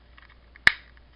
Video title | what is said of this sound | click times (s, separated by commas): Transformers Studio Series #75 Jolt | there we go good and snapped | 0.7 s